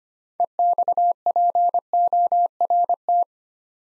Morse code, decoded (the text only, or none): EXPORT